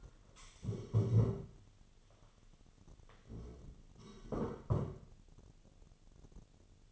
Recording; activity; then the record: daily activity, microphone in the room; stand up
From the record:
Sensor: 4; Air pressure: 1016.1 hPa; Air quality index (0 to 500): 176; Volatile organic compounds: 7 ppm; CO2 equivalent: 2004 ppm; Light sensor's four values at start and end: 9/20/8/7 and 9/20/8/7